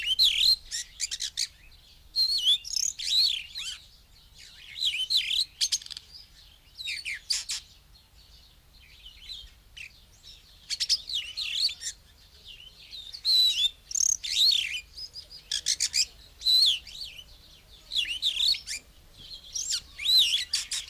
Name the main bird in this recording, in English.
Daurian Starling